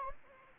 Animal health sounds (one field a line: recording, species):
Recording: mosquito wingbeat signal from an infrared sensor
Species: Anopheles gambiae